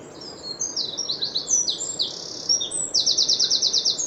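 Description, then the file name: Eurasian wren song: a rapid jumble of high, sliding notes that ends in an even, machine-gun-like trill of sharp chips. "Troglodytes troglodytes"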